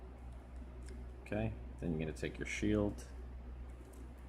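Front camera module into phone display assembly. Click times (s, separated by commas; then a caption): 0.9 s. During an iPhone 7 Plus screen rebuild, the small front camera module is pressed into its seat in the display assembly and gives a short, sharp tick at 0.9 s as it pops into place. Someone then talks over a low steady hum.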